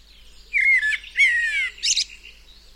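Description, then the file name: Common blackbird song phrase: two full, fluty whistled notes sliding downward, then a brief high squeaky twitter at the end. The background is quiet. "Turdus merula"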